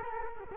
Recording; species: mosquito wingbeat signal from an infrared sensor; Culex quinquefasciatus